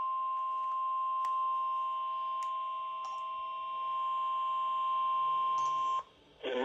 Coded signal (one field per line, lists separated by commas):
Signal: Emergency Alert System (SAME) tones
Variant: 1050 Hz attention tone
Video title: EAS Snow Squall Warning WXL40 EAS#202